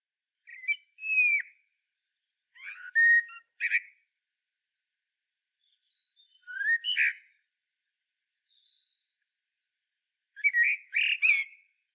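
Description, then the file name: Common blackbird singing rich warbled phrases separated by short gaps, some softer, ending with a louder phrase full of high twittering notes. "Turdus merula"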